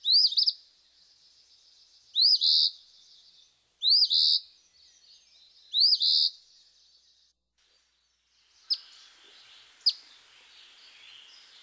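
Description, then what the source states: Eastern Phoebe giving four rasping two-part song phrases about every two seconds, then two sharp, flat chip notes after a short pause. Male; harsh song that sounds out its name, at times like 'feebly', followed by a series of flat call notes.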